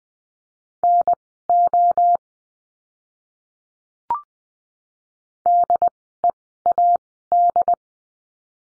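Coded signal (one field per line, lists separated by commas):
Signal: Morse code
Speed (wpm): 20 wpm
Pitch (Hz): 700 Hz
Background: none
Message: NO DEAD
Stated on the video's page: Morse course lesson on the letter L, words sent at Farnsworth speed of 20/10 wpm.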